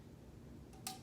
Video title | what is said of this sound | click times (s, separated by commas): Shooting a Compound Bow | yeah wait for the click yeah | 0.9 s